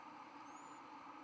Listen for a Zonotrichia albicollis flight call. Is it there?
no